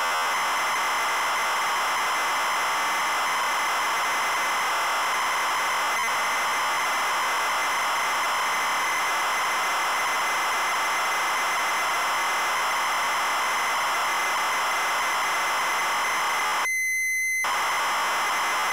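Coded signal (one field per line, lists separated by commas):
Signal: ZX Spectrum tape loading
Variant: ZX Spectrum +2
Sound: continuous harsh buzzing data screech with tonal bands, brief change near the end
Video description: Double Dragon - Zx Spectrum +2 (Full Cassette Tape Loading & Gameplay) / To skip the loading and go to the main game 11:30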